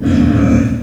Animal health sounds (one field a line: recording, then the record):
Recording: squeal of a Yucatan mini pig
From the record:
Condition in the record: after surgery on the right vocal fold (resection and tissue-engineered implant)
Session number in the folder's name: 9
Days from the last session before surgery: 65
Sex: female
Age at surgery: 19 weeks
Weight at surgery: 25 kg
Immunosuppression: prednisolone